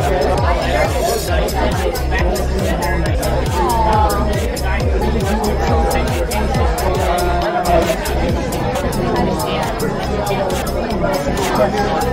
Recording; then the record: background sound without coughing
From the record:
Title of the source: Nightlife Party Simulating Party Club Noise 1 Hour